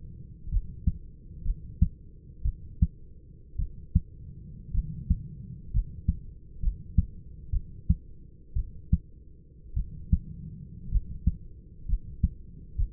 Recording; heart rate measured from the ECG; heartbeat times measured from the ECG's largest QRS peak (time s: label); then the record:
heart sounds by stethoscope; 59 bpm
0.50 s: heartbeat
1.43 s: heartbeat
2.43 s: heartbeat
3.57 s: heartbeat
4.72 s: heartbeat
5.72 s: heartbeat
6.61 s: heartbeat
7.51 s: heartbeat
8.54 s: heartbeat
9.74 s: heartbeat
10.90 s: heartbeat
11.87 s: heartbeat
12.77 s: heartbeat
From the record:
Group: healthy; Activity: rest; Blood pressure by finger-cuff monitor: 152/70 mmHg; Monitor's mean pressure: 93 mmHg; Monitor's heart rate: 59 bpm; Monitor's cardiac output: 6.1 L/min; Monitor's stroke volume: 103 mL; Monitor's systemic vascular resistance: 1130 dyn s/cm5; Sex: male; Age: 25 years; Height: 170 cm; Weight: 70.4 kg